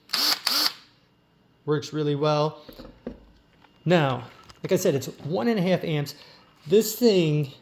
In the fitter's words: all right now some of the features nice easy little click in there for the battery